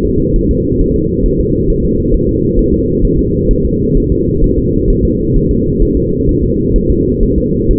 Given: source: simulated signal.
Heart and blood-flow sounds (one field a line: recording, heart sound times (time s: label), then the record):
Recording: fetal heart sounds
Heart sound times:
0.05 s: S2
0.36 s: S1
0.51 s: S2
0.81 s: S1
0.96 s: S2
1.26 s: S1
1.41 s: S2
1.70 s: S1
1.85 s: S2
2.14 s: S1
2.29 s: S2
2.59 s: S1
2.74 s: S2
3.05 s: S1
3.19 s: S2
3.51 s: S1
3.65 s: S2
3.97 s: S1
4.12 s: S2
4.44 s: S1
4.59 s: S2
4.90 s: S1
5.05 s: S2
5.36 s: S1
5.51 s: S2
5.83 s: S1
5.97 s: S2
6.29 s: S1
6.44 s: S2
6.76 s: S1
6.91 s: S2
7.23 s: S1
7.38 s: S2
7.71 s: S1
From the record:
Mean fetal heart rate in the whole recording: 130 bpm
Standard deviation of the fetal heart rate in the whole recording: 4 bpm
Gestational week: 38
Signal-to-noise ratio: -14.7 dB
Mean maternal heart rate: 72 bpm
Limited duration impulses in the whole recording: present